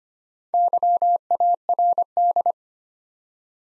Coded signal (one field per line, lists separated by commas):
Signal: Morse code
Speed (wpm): 25 wpm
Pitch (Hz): 700 Hz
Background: none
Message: YARD